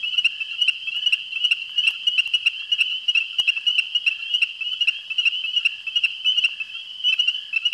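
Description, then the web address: Ornate chorus frog chorus, many high-pitched piping peeps overlapping in a fast, uneven pulse, continuous throughout with no other sounds. "Frog Calls Pseudacris ornata - Ornate Chorus Frog"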